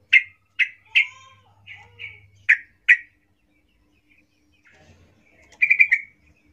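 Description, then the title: Yellow-vented Bulbul chirps: a run of sharp notes with a soft lower whistle woven in, a quiet pause, then a rapid stuttered burst. Trucuk (Yellow-vented Bulbul) singing lively ('gacor ropel ngalas' style), used as a lure (pancingan) to make trucuk birds sing. "GACOR Ropel Ngalas Pancingan Trucukan Agar Bunyi Jadikan Burung Trucuk"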